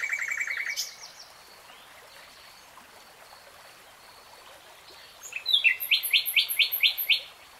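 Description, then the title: Nightingale song: a brief high trill, a quiet pause, then a loud series of rapid repeated notes. Nightingale singing in real time. "[Tiếng chim hót] 3 Hours REALTIME Nightingale Singing"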